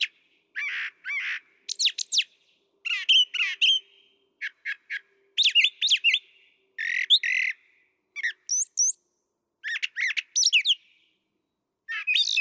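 Brown thrasher song of varied phrases, chips, harsh notes and rising whistles, many in pairs, over a faint low hum.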